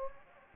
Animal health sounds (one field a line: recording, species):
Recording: mosquito wingbeat signal from an infrared sensor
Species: Anopheles gambiae